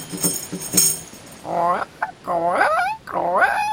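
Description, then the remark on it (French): A human voice imitates a crow, giving three loud, rough, warbling caws in quick succession after a few short clicks. “Et moi, je suis une corneille.”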